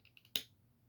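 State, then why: Seated. The feet of a plastic Transformers WFC Kingdom Optimus Primal action figure are flipped down until the foot joint locks into the leg. A few faint plastic ticks come before a single sharp click at 0.4 s, and one more light tick follows near 0.9 s. The feet click into place and are seated.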